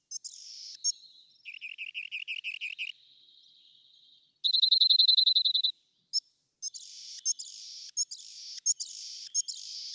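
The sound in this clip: Rock wren song: a run of repeated lower notes, then a fast, loud trill of identical notes, followed by buzzy, rasping phrases broken by high chips.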